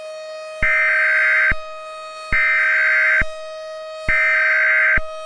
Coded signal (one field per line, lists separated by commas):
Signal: Emergency Alert System (SAME) tones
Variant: header bursts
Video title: The EF5 Monster Of Youngstown EAS Scenario￼